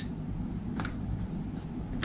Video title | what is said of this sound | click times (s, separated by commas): DCR New Technologies - LumenEye X1 | The device then mates with a positive click. | 2.0 s